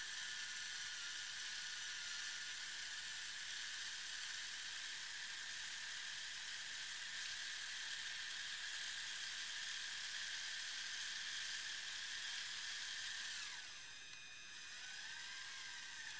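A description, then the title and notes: A prototype chain drive mechanism runs with a steady, dense, bright whir and rapid ratcheting, briefly dipping and shifting pitch near fourteen seconds. Core20x14_RhombChainArm_ProtoTest. Variant of the "Square drive" GBC module : prototyping test for the "rhomboid chain drive" alternate mechanism for the passive arm.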